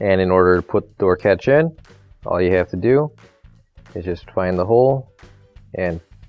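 Someone talks while handling a new plastic door catch for a Maytag dryer, about to push it into its hole in the dryer's front panel. Music plays underneath the speech. Nothing has seated or clicked yet; the clip ends before the catch snaps into place.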